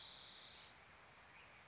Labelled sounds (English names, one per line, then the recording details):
Spotted Towhee
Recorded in Sonoma County, California